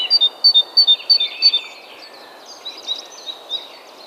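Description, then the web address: Great tit calls open with five clear, evenly spaced paired notes, then fade into softer chirping from other birds. "SETE Parus major"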